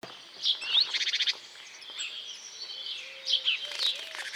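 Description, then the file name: Great tit calls, a quick rattling burst of buzzy pulses near the start, then sharp high notes. "Parus major"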